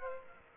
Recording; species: mosquito wingbeat signal from an infrared sensor; Aedes aegypti